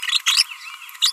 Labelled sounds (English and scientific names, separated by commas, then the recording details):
Green-rumped Parrotlet (Forpus passerinus) babbling
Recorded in a nest box in Venezuela
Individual 18B25A4